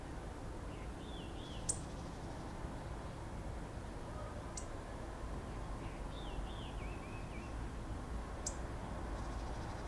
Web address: web tosaka tori 090106 sime